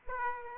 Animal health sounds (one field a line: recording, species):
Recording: mosquito wingbeat signal from an infrared sensor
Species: Aedes aegypti